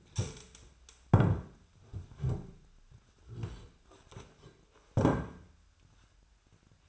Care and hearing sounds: daily activity, microphone in the room; stand up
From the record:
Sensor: 2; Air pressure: 1007.8 hPa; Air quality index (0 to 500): 179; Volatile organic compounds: 10 ppm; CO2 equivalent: 2200 ppm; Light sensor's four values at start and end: 10/23/10/10 and 10/23/10/10

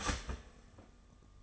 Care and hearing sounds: daily activity, microphone in the room; start toaster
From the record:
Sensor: 4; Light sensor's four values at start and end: 17/57/21/19 and 17/57/21/19

